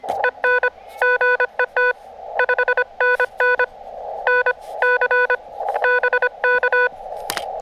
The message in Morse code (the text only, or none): EN GE T 5NN NC BK